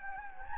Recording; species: mosquito wingbeat signal from an infrared sensor; Anopheles gambiae